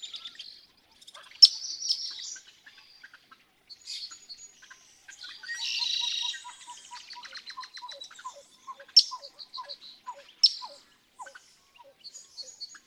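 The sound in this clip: Pied-billed grebe song: a steady run of low, evenly spaced notes that step gradually downward, mixed with higher buzzy squeals and sharp chirps.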